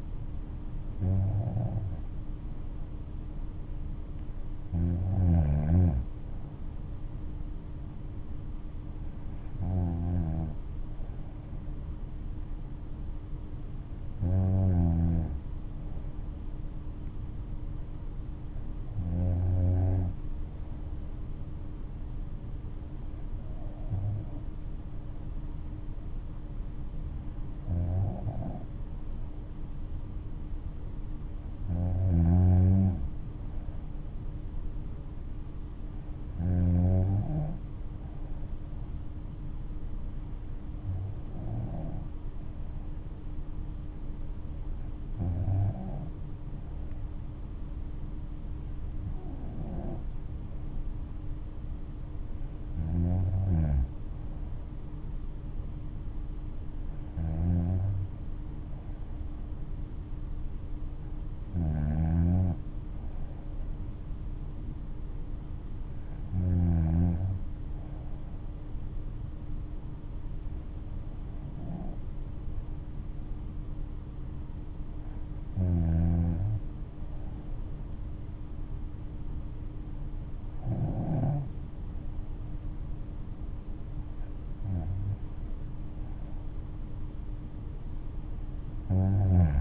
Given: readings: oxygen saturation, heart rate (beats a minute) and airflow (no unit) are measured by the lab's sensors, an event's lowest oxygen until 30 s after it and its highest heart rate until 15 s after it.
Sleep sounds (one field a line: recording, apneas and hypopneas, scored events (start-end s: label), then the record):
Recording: breathing in sleep by a smartphone at the bedside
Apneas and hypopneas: none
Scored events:
42.00-72.00 s: new sleep stage, N2 (light sleep)
72.00-89.61 s: new sleep stage, N3 (deep sleep)
From the record:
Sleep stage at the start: N3 (deep sleep)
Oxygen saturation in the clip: 94 to 95%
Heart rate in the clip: 56 to 69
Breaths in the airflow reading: 20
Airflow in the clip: -6.1 to 8.1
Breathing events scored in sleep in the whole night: 228 in 5.4 hours asleep